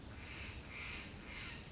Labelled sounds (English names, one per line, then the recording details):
Steller's Jay
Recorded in Sonoma County, California